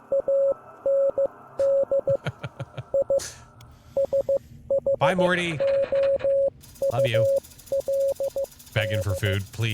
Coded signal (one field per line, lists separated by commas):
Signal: Morse code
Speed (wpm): 15 wpm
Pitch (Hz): 550 Hz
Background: speech, radio noise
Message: AND I SHOULD